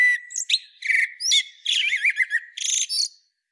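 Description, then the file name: Common blackbird song phrase: a steady whistled opening note, then quick varied twittering and warbled notes for about three seconds before falling silent. "Turdus merula"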